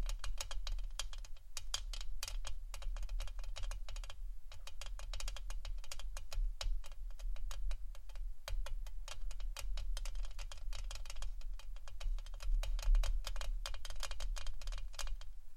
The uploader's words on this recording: ASMR FACE TAPPING Camera Tapping （No Talking）.